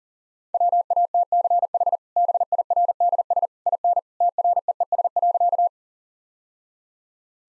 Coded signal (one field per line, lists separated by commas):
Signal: Morse code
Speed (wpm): 40 wpm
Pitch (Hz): 700 Hz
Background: none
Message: WATCH BIRDS IN TREES.